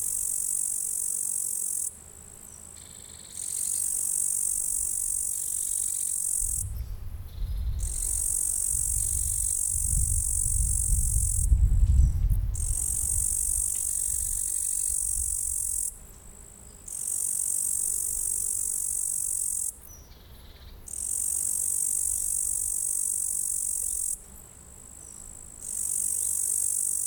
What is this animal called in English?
Upland Green Bush-cricket